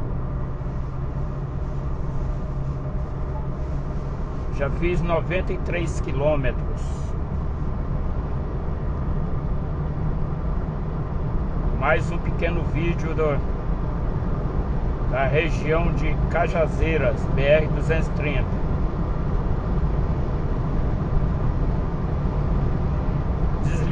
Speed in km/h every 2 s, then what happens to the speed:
62, 64, 66, 69, 72, 74, 76, 78, 81, 85, 89, 91.
0-24 speeds up to 91.